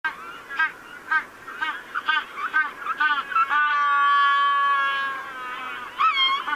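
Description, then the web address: Penguin braying call: a series of short honks, then a long sustained bray, then a few more short bursts. "pinguino"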